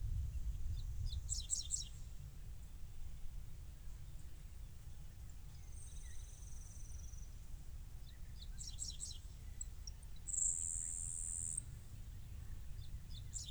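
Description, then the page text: Dickcissel singing brief bursts of quick, sharp notes, repeated several seconds apart, with high whining tones and a steady low background rumble. Recorded in Maryland. "Maryland Biodiversity. Dickcissel ( Spiza americana )"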